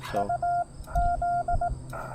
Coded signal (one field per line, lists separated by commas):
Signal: Morse code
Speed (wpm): 18 wpm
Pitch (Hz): 700 Hz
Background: none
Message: UZ